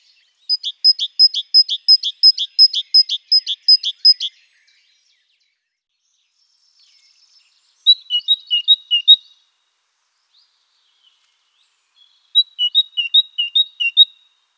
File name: parus major